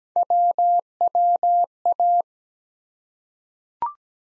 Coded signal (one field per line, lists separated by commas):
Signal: Morse code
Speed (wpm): 17 wpm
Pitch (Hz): 700 Hz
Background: none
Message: WWA